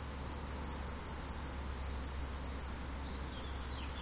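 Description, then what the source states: Cricket chirps repeat evenly and rapidly over a continuous shrill insect chorus, with a steady low hum underneath throughout. Crickets recorded 17 July 2012 with an MZ-N710 recorder.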